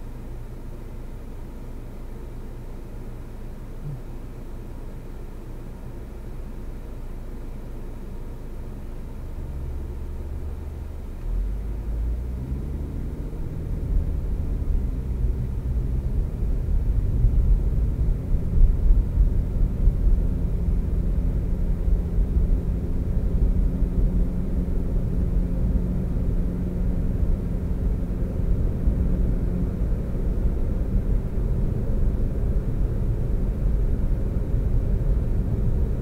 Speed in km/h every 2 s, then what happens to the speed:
0, 0, 0, 0, 0, 6, 21, 29, 37, 44, 50, 56, 61, 68, 71, 69, 69, 69.
0-9 standing. 9-26 pulls away to 68. 26-36 steady at about 69.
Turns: none.